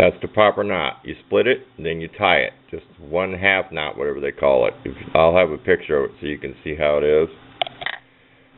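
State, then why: Seated. Someone talks while an underwriter's knot is tied in a split speaker cord, and then the plug housing on the cord end is closed over the wire. A sharp click at 7.6 s, followed by two quicker, softer ticks, marks the plug housing snapping closed and seating.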